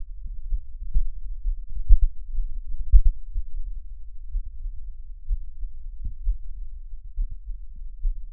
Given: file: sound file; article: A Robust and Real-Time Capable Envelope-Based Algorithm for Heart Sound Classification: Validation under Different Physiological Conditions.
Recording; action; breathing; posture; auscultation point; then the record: heart sounds by electronic stethoscope; rest; normal; lying on left side; Erb’s point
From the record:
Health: healthy, no known heart disease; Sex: male